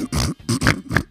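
A human imitating a dog's reverse sneeze, sounding like a little pig snorting inward. A reverse sneeze is harmless unless it happens repeatedly.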